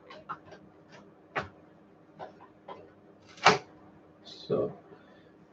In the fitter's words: hear that click get